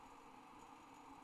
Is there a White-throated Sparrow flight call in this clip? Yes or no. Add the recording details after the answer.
no. No flight call is heard. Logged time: 00:30 on 30 November 2014